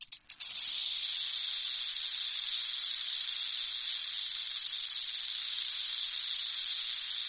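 Rattlesnake rattling, a steady hissing buzz that runs unbroken for several seconds after a short faltering start.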